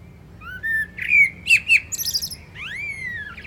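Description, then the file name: Common blackbird delivers mellow whistled notes, then a rapid chatter of high squeaks and a final rising, falling whistle. "Turdus merula"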